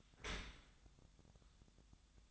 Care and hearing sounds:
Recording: daily activity, microphone in the room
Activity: open dishwasher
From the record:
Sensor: 3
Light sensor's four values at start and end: 7/17/7/6 and 7/17/7/6

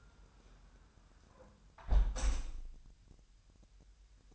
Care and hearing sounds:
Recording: daily activity, microphone in the room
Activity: close window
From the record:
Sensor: 2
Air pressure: 999.8 hPa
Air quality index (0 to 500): 228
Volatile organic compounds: 59 ppm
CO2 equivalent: 3402 ppm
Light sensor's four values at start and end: 8/20/8/8 and 8/19/8/8

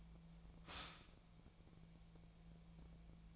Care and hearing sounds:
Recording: daily activity, microphone in the room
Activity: stop toaster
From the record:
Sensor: 1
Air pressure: 1000.3 hPa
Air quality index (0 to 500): 154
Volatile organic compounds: 3 ppm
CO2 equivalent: 1446 ppm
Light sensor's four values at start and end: 30/75/32/38 and 30/75/32/38

